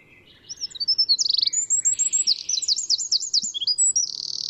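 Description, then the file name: Eurasian wren song: a rapid stream of high warbled notes and trills, finishing in a dry, buzzy rattle. "Troglodytes troglodytes"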